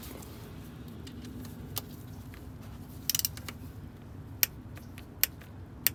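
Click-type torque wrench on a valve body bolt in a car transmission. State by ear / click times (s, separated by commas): torque reached / 5.9 s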